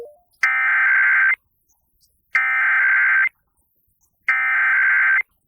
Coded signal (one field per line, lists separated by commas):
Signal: Emergency Alert System (SAME) tones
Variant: header bursts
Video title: RMT ON KDWB-FM EAS #5498